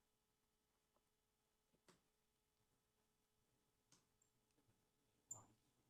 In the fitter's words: All right, so it locks in place.